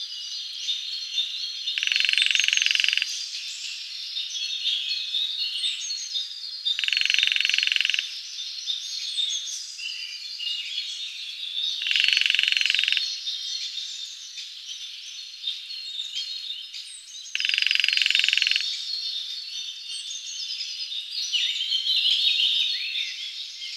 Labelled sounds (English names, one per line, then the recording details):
Lesser Spotted Woodpecker drumming
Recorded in the wild
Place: Waltershofen / Freiburg im Breisgau, Baden-Württemberg, DE
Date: 2004-04-30
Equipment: MiniDisc Sharp MT 20 H
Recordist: Schwarz, Dieter
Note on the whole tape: Drumming